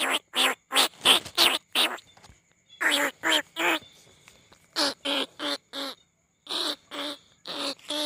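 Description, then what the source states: Field rat squeals, bursts of harsh nasal squeaks in short groups separated by brief silences. Lure call recording.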